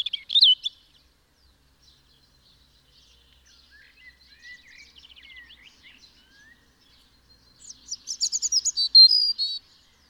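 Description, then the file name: European robin singing high, thin phrases: a brief sharp note at the start, faint twittering in the middle, then a louder rapid trilled phrase near the end. "Erithacus rubecula"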